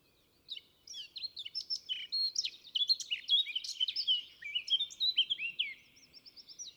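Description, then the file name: Eurasian blackcap in full song: a rapid, rambling warble of twittering notes and clear whistled slurs, closing with a repeated series of thin notes. "Sylvia atricapilla"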